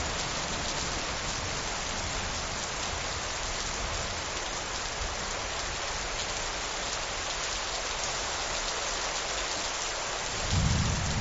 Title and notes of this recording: Thunderstorm with Heavy Rain. Sounds of rain and thunder